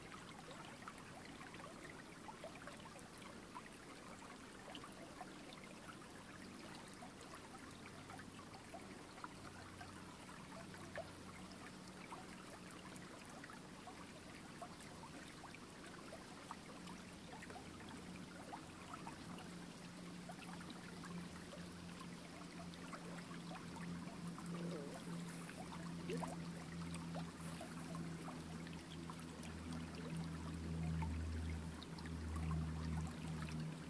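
A creek flows nearby in a steady, dense rush that stays even throughout and grows slightly louder in the last third. A low hum runs underneath, becoming stronger after about twenty seconds. Faint scattered crunching ticks sit within the water sound.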